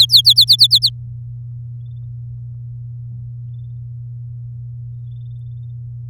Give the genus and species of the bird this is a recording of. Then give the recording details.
Serinus canaria. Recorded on 7 May 2018 at 14:56. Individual llb16